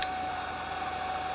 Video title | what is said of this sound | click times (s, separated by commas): NFD Engine 163 Pumping #2 | the monitor is raised back up the Locking pin automatically snaps back into place | 0.0 s